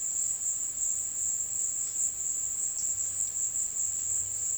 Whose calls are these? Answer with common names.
none